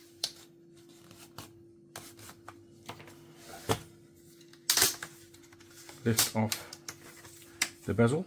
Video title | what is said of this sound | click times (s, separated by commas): Acer Chromebook 514 Cracked Screen? Replace the LCD Yourself | Okay, and you hear those clicks. | 0.2 s, 2.0 s, 4.7 s